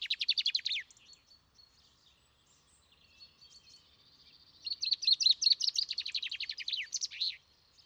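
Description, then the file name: Common chaffinch song: the end of a trilled strophe at the start, then soft twittering, then a full strophe of quick notes ending in a flourish. "Fringilla coelebs"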